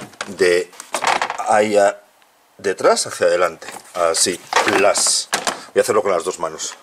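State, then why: Not seated. Someone talks while pressing a plastic protective cover into its mounting around the battery compartment of a Volkswagen Passat with both hands, working from back to front, with a brief quiet pause near 2.0–2.6 s. Nothing has seated or clicked yet.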